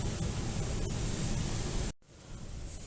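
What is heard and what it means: A new rear wheel hub and bearing on a Volkswagen Golf Mk4 is lined up by hand and started onto the rear axle stub, but it is not seated yet and nothing has clicked. Steady broadband noise fills the first 1.9 seconds, then drops sharply to near silence around 2.0 seconds before a quieter hiss returns.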